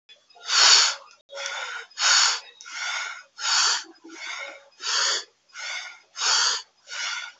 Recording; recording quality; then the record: shallow breathing; excellent, no background noise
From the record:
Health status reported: healthy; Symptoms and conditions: none ticked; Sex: male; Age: 27 years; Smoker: not ticked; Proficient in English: yes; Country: India